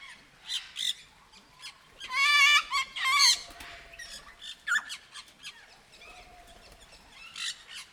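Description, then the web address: Sulphur-crested cockatoo screeches: a loud harsh burst of rasping calls around the middle, with scattered shorter calls before and after. Captive bird at Nyíregyháza Zoo, recorded in 2019 with a professional recorder left beside the bird. "allathangok nyiregyhazizoo 2019 professzionalis sargabobitas kakadu otthagytukafelvevot nyiregyhaza"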